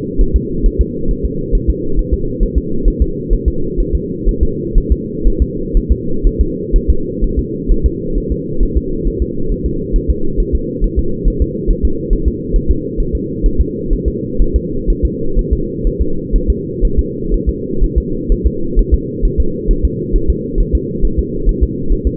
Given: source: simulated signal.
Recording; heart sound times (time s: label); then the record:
fetal heart sounds
0.21 s: S1
0.36 s: S2
0.66 s: S1
0.81 s: S2
1.11 s: S1
1.25 s: S2
1.55 s: S1
1.70 s: S2
1.99 s: S1
2.14 s: S2
2.43 s: S1
2.58 s: S2
2.88 s: S1
3.02 s: S2
3.33 s: S1
3.48 s: S2
3.80 s: S1
3.95 s: S2
4.29 s: S1
4.43 s: S2
4.78 s: S1
4.92 s: S2
5.27 s: S1
5.42 s: S2
5.77 s: S1
5.92 s: S2
6.27 s: S1
6.41 s: S2
6.76 s: S1
6.90 s: S2
7.24 s: S1
7.39 s: S2
7.72 s: S1
7.86 s: S2
8.18 s: S1
8.32 s: S2
8.63 s: S1
8.77 s: S2
9.07 s: S1
9.22 s: S2
9.52 s: S1
9.66 s: S2
9.96 s: S1
10.10 s: S2
10.40 s: S1
10.55 s: S2
10.84 s: S1
10.99 s: S2
11.28 s: S1
11.42 s: S2
11.70 s: S1
11.85 s: S2
12.13 s: S1
12.28 s: S2
12.56 s: S1
12.71 s: S2
13.00 s: S1
13.15 s: S2
13.46 s: S1
13.61 s: S2
13.93 s: S1
14.08 s: S2
14.42 s: S1
14.56 s: S2
14.90 s: S1
15.05 s: S2
15.39 s: S1
15.53 s: S2
15.87 s: S1
16.02 s: S2
16.36 s: S1
16.50 s: S2
16.85 s: S1
16.99 s: S2
17.34 s: S1
17.49 s: S2
17.84 s: S1
17.98 s: S2
18.32 s: S1
18.47 s: S2
18.79 s: S1
18.94 s: S2
19.25 s: S1
19.40 s: S2
19.71 s: S1
19.85 s: S2
20.16 s: S1
20.30 s: S2
20.60 s: S1
20.75 s: S2
21.05 s: S1
21.19 s: S2
21.49 s: S1
21.63 s: S2
21.93 s: S1
22.07 s: S2
From the record:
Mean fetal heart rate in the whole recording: 130 bpm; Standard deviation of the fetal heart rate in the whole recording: 4 bpm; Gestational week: 38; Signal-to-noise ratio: -8.1 dB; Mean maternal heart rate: 72 bpm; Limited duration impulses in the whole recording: present